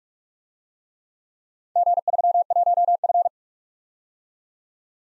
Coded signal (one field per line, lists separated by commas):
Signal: Morse code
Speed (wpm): 42 wpm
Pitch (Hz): 700 Hz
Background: none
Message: G31F